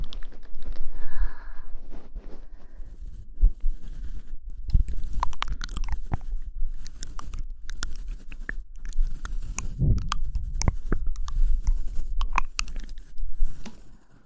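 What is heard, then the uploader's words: Mouth sounds: wet, irregular clicks and smacks that come in quick, uneven bursts throughout, with crisp crunchy snaps near 5, 6, and 10 seconds. A low, steady rumble sits under everything, and the sound eases off in the last second. Mouth Sounds.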